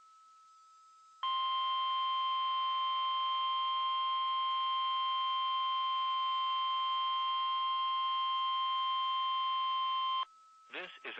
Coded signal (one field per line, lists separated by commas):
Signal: Emergency Alert System (SAME) tones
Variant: 1050 Hz attention tone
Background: speech